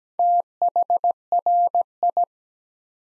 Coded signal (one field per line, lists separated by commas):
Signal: Morse code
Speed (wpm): 17 wpm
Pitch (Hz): 700 Hz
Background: none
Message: THRI